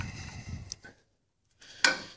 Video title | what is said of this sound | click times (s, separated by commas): S-60 Detroit DDEC V EUI disassembly/reassembly. Please subscribe. | okay she's in there I heard it pop or click | 1.8 s